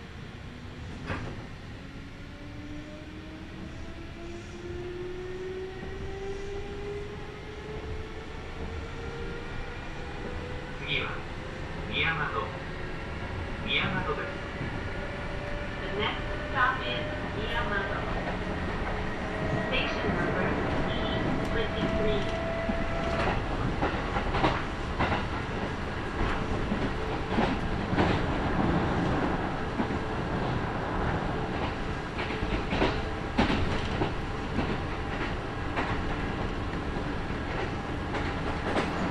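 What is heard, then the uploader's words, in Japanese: A Kintetsu Nagoya Line local train runs from Kawagoe-Tomisuhara toward Shiohama. A motor whine climbs steadily in pitch as the train gathers speed, over a constant low rumble. Clicks and clacks from the wheels and track grow denser and louder in the second half. 近鉄名古屋線各駅停車 川越富洲原→塩浜。車内はほぼガラガラです。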